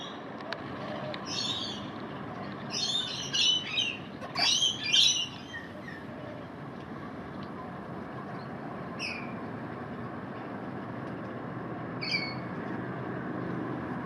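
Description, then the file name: Australian king parrot calls: a rapid cluster of shrill, chattering chirps early on, followed by two isolated sharp notes several seconds apart over steady background hum. Recorded on a terrace. "korolevskii popugai na terrase"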